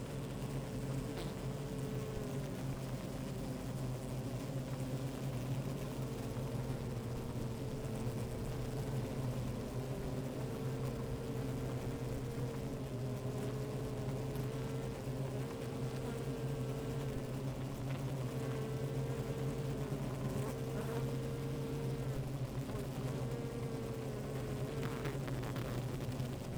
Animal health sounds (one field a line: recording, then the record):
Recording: honeybee colony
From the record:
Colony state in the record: active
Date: 28 July 2017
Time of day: 13:36